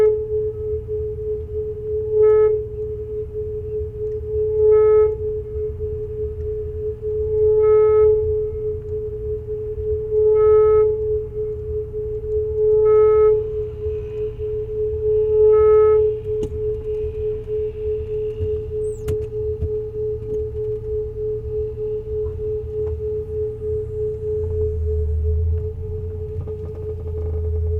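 Sine tones hold one steady pitch over low rumble, with brighter overtone pulses every few seconds until midway, then a deeper swell near the end.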